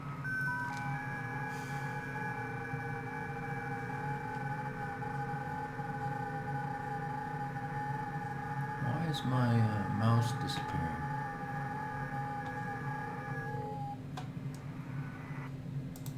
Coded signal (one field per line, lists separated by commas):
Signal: FT8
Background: speech